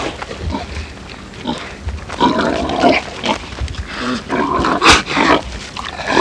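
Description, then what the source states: Pigs grunting and squealing noisily, rough irregular calls overlapping in a dense clamour. Loud pigs.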